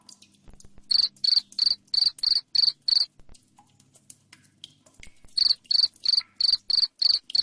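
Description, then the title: Cricket chirps in two bursts of shrill, rapid, evenly spaced pulses separated by a quiet gap of about two seconds. Loud cricket chirping ('jangkrik ngerik keras'), played to make lovebirds keep calling 'ngekek'. "Suara JANGKRIK NGERIK Keras Bikin LOVEBIRD Jadi NGEKEK Terus Vubey"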